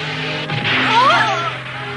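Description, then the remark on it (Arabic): A single dull thump as Majed strikes a football hard in a shot at goal, followed by a whooshing swish with a rising whistle-like tone as it flies, over a steady low background hum. “يبدو أن ماجد هو الذي سدد الكرة. إنها تسديدة قوية فعلا.”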